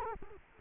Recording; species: mosquito wingbeat signal from an infrared sensor; Culex quinquefasciatus